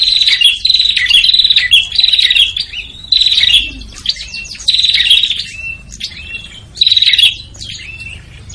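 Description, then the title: Prinia calls, rapid high chirping strings with thin whistled notes between, in an uneven rhythm. Noisy prinia calls used as a lure to attract prinias, including red-headed prinia and guest prinia types. "Suara Prenjak Ribut. Pikat Burung Prenjak Kepala Merah Prenjak Tamu"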